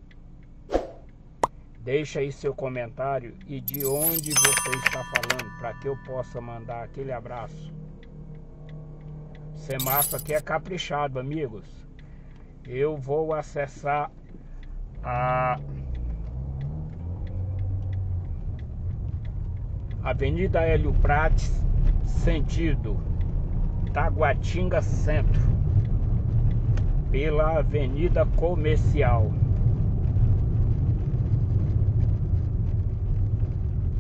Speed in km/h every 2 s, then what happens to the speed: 0, 0, 0, 0, 0, 0, 0, 12, 22, 22, 31, 38, 38, 38, 36, 31, 25.
0-13 standing. 13-22 pulls away to 38. 22-28 steady at about 38. 28-34 slows to 25.